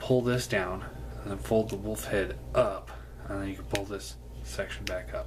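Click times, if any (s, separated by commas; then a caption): none. Someone talks while handling a plastic transforming action figure, pulling a section down, folding the wolf head up, and starting to pull another section back up toward the body. Only soft handling noises sit under the speech, and nothing has seated or clicked into place yet.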